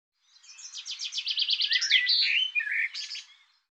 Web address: cianscape birddata Deverinetal 2025 File cleaned normalized Bird Tu Me Tu Me